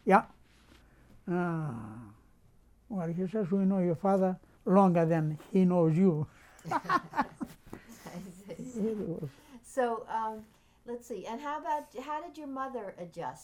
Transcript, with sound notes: "Yeah." "Ah. Well," he says, "we know your father longer than he knows you. " (laughs)
So, let's see. And how about, how did your mother adjust?